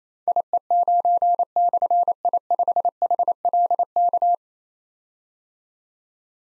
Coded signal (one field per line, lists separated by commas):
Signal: Morse code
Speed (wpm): 27 wpm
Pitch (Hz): 700 Hz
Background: none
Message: IE9/I5HLK